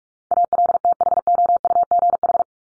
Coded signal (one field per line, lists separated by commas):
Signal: Morse code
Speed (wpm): 44 wpm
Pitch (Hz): 700 Hz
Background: none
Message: ALTHOUGH